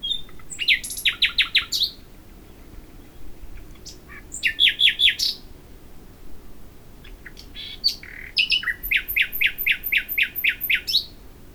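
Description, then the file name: Common nightingale singing rapid bursts of repeated clicking notes, a loud stuttering trill midway, and a final long series of sharp descending chirps repeated several times a second. "Luscinia megarhynchos"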